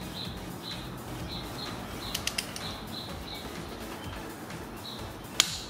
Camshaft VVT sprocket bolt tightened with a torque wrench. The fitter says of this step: we reach 50 Newton meters you hear the wrench click and that's you need to stop immediately listen now this